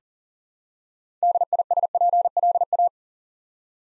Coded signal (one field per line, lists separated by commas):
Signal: Morse code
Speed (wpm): 37 wpm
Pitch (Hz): 700 Hz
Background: none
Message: DISPLA